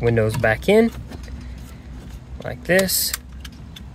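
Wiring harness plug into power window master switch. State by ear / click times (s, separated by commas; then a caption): seated / 3.5 s. In a 2014 Toyota Tundra, the wiring harness plug is pushed into the back of a replacement power window master switch while someone talks. A few quiet taps follow, and the plug latches with a sharp click at 3.5 seconds, seated in the switch.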